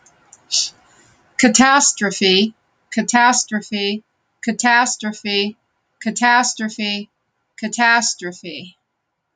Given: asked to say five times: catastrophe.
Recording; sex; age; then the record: repeated word; female; 60 to 69 years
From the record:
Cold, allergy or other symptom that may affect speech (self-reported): no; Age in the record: 69 years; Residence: Ohio, United States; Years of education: 10